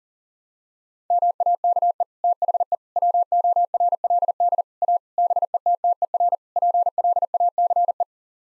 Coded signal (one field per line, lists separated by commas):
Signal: Morse code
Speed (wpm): 40 wpm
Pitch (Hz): 700 Hz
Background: none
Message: MAKE THE WORLD A BETTER PLACE